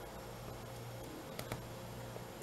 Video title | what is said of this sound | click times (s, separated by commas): Tuto Bébé Licorne , Passe-temps Crochet | s en est important d'entendre le petit clic pour être sûr qu'elle ancrage et bien me voir | 1.4 s, 1.5 s